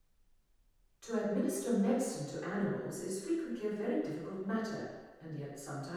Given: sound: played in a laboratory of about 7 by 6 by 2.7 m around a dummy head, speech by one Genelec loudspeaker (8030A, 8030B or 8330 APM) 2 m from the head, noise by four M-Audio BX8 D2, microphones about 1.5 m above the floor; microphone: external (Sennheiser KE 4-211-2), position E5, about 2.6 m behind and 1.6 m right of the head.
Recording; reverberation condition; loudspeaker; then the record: female speech in English; high; 60 degrees to the left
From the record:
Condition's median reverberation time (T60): about 1300 ms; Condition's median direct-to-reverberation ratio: about -4.0 dB